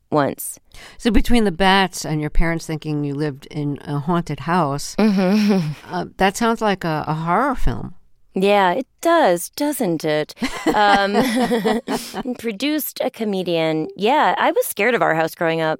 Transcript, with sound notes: So between the bats and your parents thinking you lived in a haunted house, that sounds like a horror film.
Yeah, it does, doesn't it?
(LAUGHTER)
And produced a comedian. Yeah, I was scared of our house growing up.